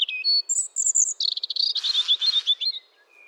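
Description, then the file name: European robin song: a dense, fast phrase of high sliding whistles running into a chattering, tremulous trill before fading out. "Erithacus rubecula"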